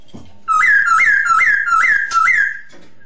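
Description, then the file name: Masked laughingthrush giving a steady series of five rising whistled notes, each repeated roughly every half second, sounding bright and insistent. Lure song. "suara pancingan poksay hongkong"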